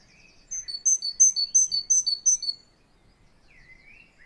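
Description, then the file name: Great tit song: a burst of several quick high two-note phrases, then quiet with a faint whistle near the end. "Canto do chapins real"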